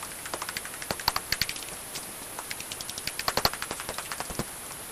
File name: pip 45 bat